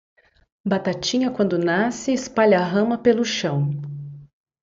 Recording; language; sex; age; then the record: short text; Brazilian Portuguese; female; 40 to 49 years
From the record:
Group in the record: control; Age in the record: 46 years